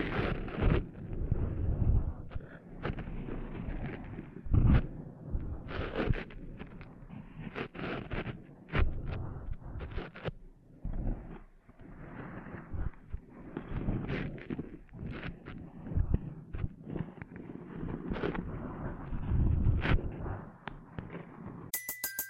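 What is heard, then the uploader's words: Close rubbing and scraping of sand being cleaned out of an ear, a dense, rough, muffled rustle that runs continuously with low thumping bumps. Sharper scratchy bursts flare irregularly every second or two, and the sound cuts off abruptly at the end. ASMR Cleaning Sand Out of Your Ears (No Talking).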